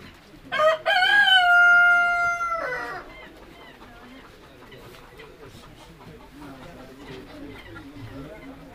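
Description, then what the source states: Chicken calls: a loud rooster crow opens, followed by steady low clucking and chatter from the hens. Hens, recorded at Campsea.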